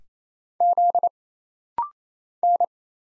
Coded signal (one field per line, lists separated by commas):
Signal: Morse code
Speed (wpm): 27 wpm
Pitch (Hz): 700 Hz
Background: none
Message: Z N